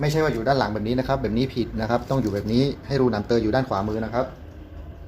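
An 8 mm film reel is being handled at the supply spindle of an Elmo KS-100 (Silent) film projector, positioned with the sprocket holes facing right, while someone talks throughout. No click is heard; the reel has not yet seated or locked onto the spindle.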